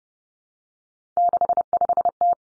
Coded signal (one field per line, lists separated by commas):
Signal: Morse code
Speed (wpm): 30 wpm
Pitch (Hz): 700 Hz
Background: none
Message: 65T